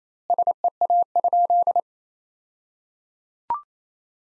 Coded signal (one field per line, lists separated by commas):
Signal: Morse code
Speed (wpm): 28 wpm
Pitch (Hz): 700 Hz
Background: none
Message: SEA?